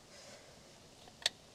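A brake shoe hold-down pin is handled in a drum brake shoe retainer, with faint low ticking and one short, sharp transient at 1.3 s. Nothing has seated or clicked home yet.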